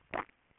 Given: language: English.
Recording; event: throat vibration sensor signal played as sound; swallow